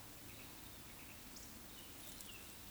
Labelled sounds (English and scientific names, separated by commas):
Eurasian Woodcock (Scolopax rusticola) whistle, Eurasian Woodcock (Scolopax rusticola) croak